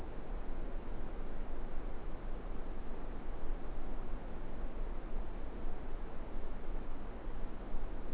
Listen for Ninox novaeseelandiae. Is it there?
no